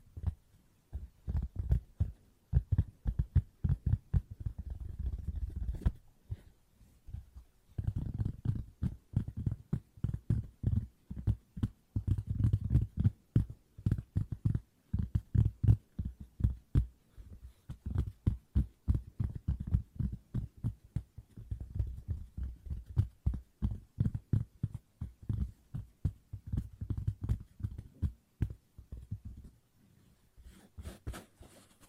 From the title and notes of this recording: ASMR Tapping No Talking Fast & Soothing for Sleep 5 Objects.